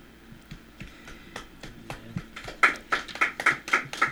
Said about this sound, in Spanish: gracias por los nutridos aplausos, compañeros, atronadores aplausos.